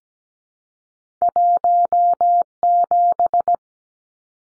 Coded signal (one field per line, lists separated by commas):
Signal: Morse code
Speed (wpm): 17 wpm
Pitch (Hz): 700 Hz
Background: none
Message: 17